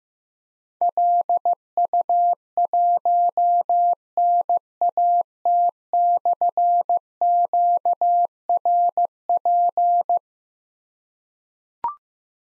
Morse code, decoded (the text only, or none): LU1NAT/QRP